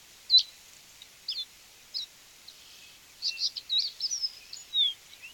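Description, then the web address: Rufous-rumped seedeater giving a few sparse high chirps, then a faster cluster of twittering and slurred notes near the end, with light hiss behind. "Sporophila hypochroma - Capuchino castaño"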